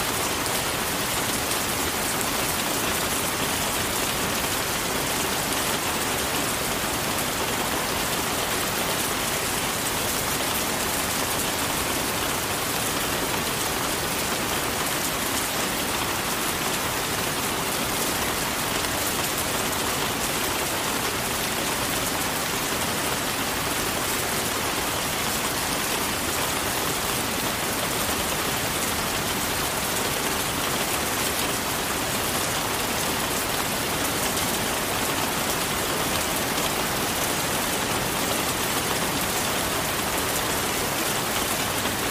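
Steady rain falls without pause, a dense, even hiss that fills the highs and holds the same level for the whole stretch. Fine drops patter on a surface, with a softer low rumble underneath and no separate events standing out.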